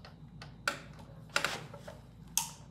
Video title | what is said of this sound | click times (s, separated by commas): Torp Tc500 install for a Surron Lite Bee X | hear that click push it | 2.4 s